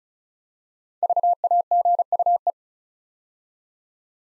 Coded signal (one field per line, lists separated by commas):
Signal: Morse code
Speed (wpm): 36 wpm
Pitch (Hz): 700 Hz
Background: none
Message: VAGUE